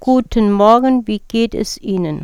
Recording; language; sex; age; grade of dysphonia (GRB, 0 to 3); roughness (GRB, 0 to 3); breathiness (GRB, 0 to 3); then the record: spoken sentence; German; female; 40 to 49 years; 0; 0; 0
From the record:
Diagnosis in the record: recurrent laryngeal nerve paralysis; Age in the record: 49 years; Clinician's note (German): Restparese rechts nach Strumektomie mit hyperfunktioneller Kompensation